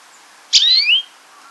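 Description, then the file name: European greenfinch call, a single short high note sliding upward with a clear overtone, lasting about half a second over faint hiss. "Chloris chloris"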